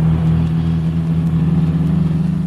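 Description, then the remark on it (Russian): A large American car speeds along a bad road, raising dust. Its engine roars in a steady low droning hum with a rough, constant rumble that holds at the same loudness throughout, with no voices. “По скверной дороге на бешеной скорости промчалась большая американская машина, обдав нас пылью.”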